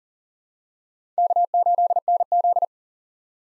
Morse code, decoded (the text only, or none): K8NZ